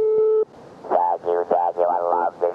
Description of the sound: In 1993 she was diagnosed with throat cancer, and at that point she lost her natural voice and started using an electrolarynx.